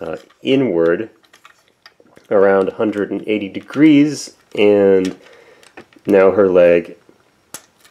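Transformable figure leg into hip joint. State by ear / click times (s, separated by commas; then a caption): seated / 7.5 s. Someone talks while transforming a GearTribe Hatsune Miku GT Project 2014 Ver. plastic figure, with faint small ticks of handling around 1.3–2.2 s. The figure's leg, rotated inward about 180 degrees, is pushed into its robot-mode position in the hip joint and snaps into place with one sharp click at 7.5 s.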